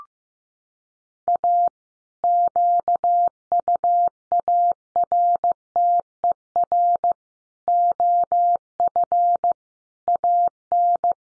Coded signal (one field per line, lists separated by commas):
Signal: Morse code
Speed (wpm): 15 wpm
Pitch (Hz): 700 Hz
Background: none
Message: A QUARTER OF AN